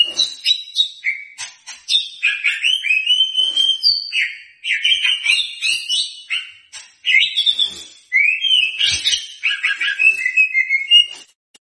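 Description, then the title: White-rumped shama song: lively string of slurred whistles and chips, phrases repeating in quick bursts with short silent gaps. Lure sound meant to provoke a response from white-rumped shamas; a bird in full, vigorous song (gacor). "PANCINGAN MURAI BATU GACOR"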